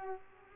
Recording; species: mosquito wingbeat signal from an infrared sensor; Culex quinquefasciatus